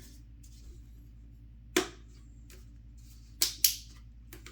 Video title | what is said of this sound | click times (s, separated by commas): Masters of the Universe Origins Snake Mountain playset unbox/assembly! Part 1 (Recording stopped.) | nice clipped | 3.4 s, 3.7 s